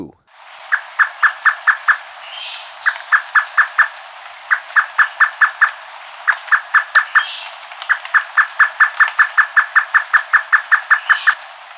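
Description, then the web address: Unicolored tapaculo song: rapid bursts of short, even mid-pitched notes, about five or six per burst, with brief pauses, ending in a long unbroken run, faint higher chirps behind. Recorded in Ecuador. "Birds of Ecuador 2. Unicolored Tapaculo"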